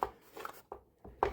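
A detachable plastic rock formation piece is pressed onto a toy playset, giving a few light plastic knocks and taps before a louder click at 1.2 s. The click is loose and weak, and the piece does not fully click in because it is meant to be detachable.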